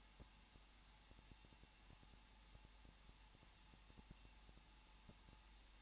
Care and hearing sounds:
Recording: daily activity, microphone in the room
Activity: no activity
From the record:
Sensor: 1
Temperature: 20.1 degrees Celsius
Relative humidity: 39.4%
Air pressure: 1006.4 hPa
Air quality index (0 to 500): 218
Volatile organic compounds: 80 ppm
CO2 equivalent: 3608 ppm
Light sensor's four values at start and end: 1/2/1/1 and 1/2/1/1

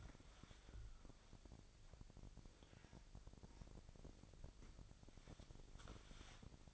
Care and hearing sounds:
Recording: daily activity, microphone in the room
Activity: wipe stove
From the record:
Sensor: 5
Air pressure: 1001.7 hPa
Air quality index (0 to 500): 177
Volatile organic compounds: 11 ppm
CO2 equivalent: 2267 ppm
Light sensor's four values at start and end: 23/79/30/31 and 23/79/30/31

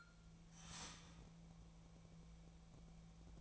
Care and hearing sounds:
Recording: daily activity, microphone in the room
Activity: start toaster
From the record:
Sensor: 1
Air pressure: 1000.2 hPa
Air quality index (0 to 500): 155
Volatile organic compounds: 3 ppm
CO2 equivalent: 1448 ppm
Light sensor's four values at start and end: 30/76/32/38 and 30/76/32/38

